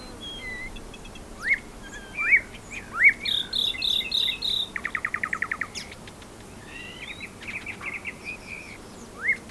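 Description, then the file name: Common nightingale song: scattered rising whistles, a row of high notes, a dry rattling trill, then softer varied twitters and a last upslurred whistle. "Luscinia megarhynchos"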